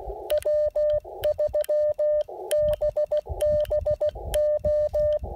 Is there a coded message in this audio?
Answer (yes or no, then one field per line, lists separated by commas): yes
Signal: Morse code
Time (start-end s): 0.3-5.2 s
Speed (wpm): 16 wpm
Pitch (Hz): 600 Hz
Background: none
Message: W3BBO